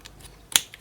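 A magnetic charging connector is put onto the back of a Huawei GT2 smartwatch and snaps into place with a sharp, bright click at 0.6 s that rings out briefly. Faint small ticks come before and after it, around 0.1 s, 0.2 s and 0.7 s. The charger is seated on the watch.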